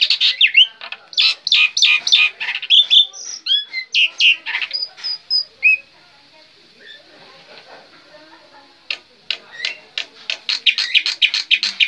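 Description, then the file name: Black-winged myna song: rapid harsh chattering notes, a quiet gap midway, then fast scratchy chatter resumes. Indonesian name jalak putih; bird described as gacor, singing constantly. "suara jalak putih gacor"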